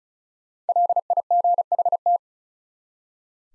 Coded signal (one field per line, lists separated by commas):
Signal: Morse code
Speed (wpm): 36 wpm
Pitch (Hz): 700 Hz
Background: none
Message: LIGHT